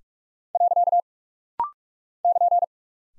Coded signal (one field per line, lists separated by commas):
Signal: Morse code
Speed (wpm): 46 wpm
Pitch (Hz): 700 Hz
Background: none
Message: . <KN>